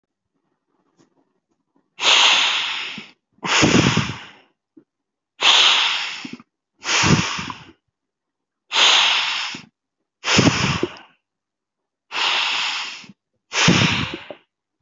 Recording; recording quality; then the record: deep breathing; excellent, no background noise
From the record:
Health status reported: healthy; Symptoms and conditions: hypertension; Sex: male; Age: 44 years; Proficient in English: yes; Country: India